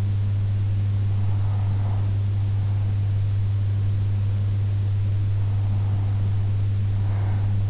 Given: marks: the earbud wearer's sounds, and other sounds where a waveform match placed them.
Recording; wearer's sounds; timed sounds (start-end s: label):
sounds in sleep by an in-ear microphone; breath
0.71-2.71 s: breath
5.71-7.70 s: breath